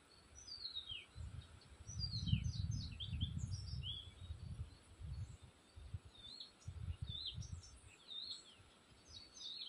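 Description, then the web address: Birds chirping, scattered high downslurred notes and short twitters from several singers, partly masked by repeated low rumbling bursts. Forest, spring. "pajaros sonidos del bosque en primavera"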